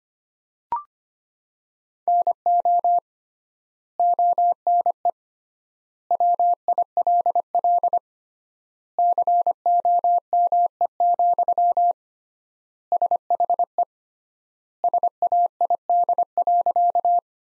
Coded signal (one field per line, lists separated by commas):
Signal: Morse code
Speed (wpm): 25 wpm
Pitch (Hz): 700 Hz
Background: none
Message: NO ONE WILL COME, SHE SAID.